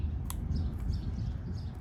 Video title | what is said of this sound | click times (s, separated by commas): Cheap Quad Sat For Years & Needed More Work Than What The Seller Stated! (Was It Worth the Gamble?) | Goes right in. Clicks in. | 0.3 s